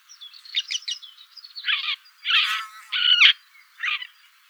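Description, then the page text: Woodchat shrike uttering a few soft scratchy notes, then three loud harsh rasping calls under a second apart, ending with a quieter chatter. Adult male and female pair calling while perched atop a big oak in a hay field near a small pond, Poderone near Magliano in Toscana, 130 m altitude, 30 June 2008, 6 a.m. "LANIUS SENATOR - WOODCHAT SHRIKE - AVERLA CAPIROSSA"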